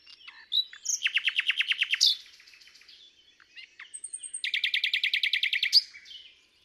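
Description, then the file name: Common nightingale delivering two rapid, even trills of repeated notes, with brief whistles and a high thin note between. "Luscinia megarhynchos"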